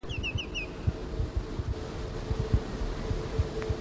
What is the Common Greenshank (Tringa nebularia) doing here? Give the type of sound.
call